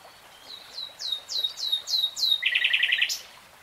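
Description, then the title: Nightingale song: a row of rising, slurred whistles, then a fast rattling trill of clicking pulses and a sharp final note. Singing; 3-hour real-time recording. "[Tiếng chim hót] 3 Hours REALTIME Nightingale Singing"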